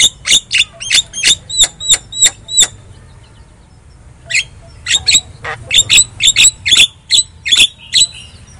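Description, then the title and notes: Javan myna song: a run of harsh, clipped squawks in quick succession, a pause of about a second and a half, then more scratchy notes resuming irregularly. Lure song of Javan myna, used to prompt a mute myna to sing. "Pancingan Jalak Kebo Bisu. Kicau Jalak Kebo"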